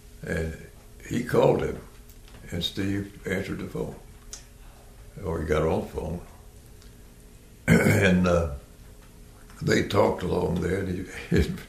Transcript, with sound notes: and he called him, and Steve answered the phone. So he got on the phone (Clears throat) and…they talked along there did you, and…